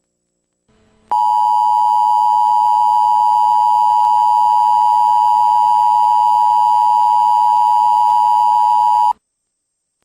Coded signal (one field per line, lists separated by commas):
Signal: Emergency Alert System (SAME) tones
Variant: 853 and 960 Hz attention tone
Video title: Emergency Alert System (EAS)